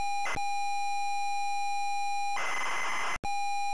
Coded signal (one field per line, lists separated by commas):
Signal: ZX Spectrum tape loading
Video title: ZX SPECTRUM Loading Through the Trap Door 1987 Piranha